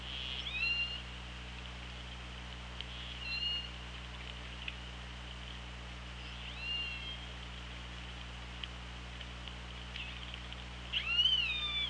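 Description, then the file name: Killer whale calls: short, faint tonal calls spaced a few seconds apart, ending in a louder, harmonic-rich rising and falling call, over steady hiss. Recorded on the OrcaLab hydrophone on 24 August 2017 at 16:07:49. "Orca Lab UTLN JASON 20170824 160749"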